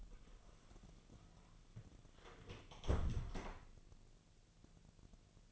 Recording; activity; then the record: daily activity, microphone in the room; close door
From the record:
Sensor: 4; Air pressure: 1001.3 hPa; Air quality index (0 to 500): 184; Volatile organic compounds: 2 ppm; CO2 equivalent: 1312 ppm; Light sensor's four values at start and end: 14/32/13/13 and 16/37/15/15